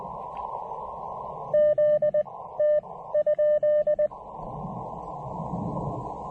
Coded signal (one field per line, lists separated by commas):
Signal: Morse code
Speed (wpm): 19 wpm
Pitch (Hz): 590 Hz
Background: radio noise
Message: Z T ?